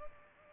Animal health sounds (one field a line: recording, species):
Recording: mosquito wingbeat signal from an infrared sensor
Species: Culex pipiens